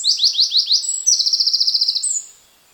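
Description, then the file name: Eurasian wren song ending, several quick downward-sweeping notes followed by a fast, even rattling trill and a final thin high whistle. "Troglodytes troglodytes"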